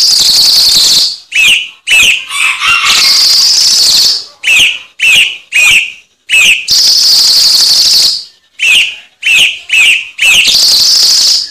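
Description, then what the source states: Cucak cungkok singing a rapid series of brief upslurred whistles, broken by several drawn-out rasping, hissy phrases. Recording intended as masteran, a tutor song for training cage birds.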